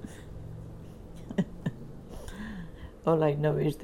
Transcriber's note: chuckles